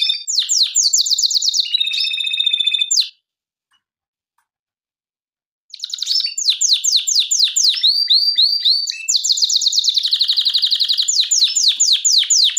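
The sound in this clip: Canary song, fast repeated sweeping notes in long trills, a short silence, then more rapid looping and descending trilled phrases.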